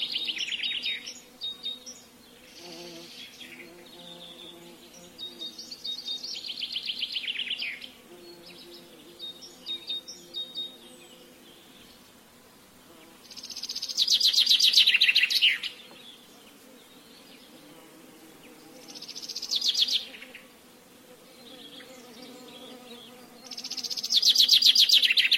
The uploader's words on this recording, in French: Abeilles et oiseaux. Des abeilles bourdonnantes et des oiseaux mélodieux.